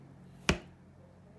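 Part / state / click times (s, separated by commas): umbrella runner into shaft latch / seated / 0.5 s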